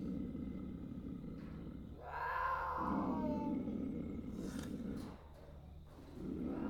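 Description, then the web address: Pig giving low, hoarse grunts throughout, broken by a louder squeal around the middle, then a short quiet gap before the grunting resumes. Several pigs. "KMP Film Video Sound Effects. Piggs"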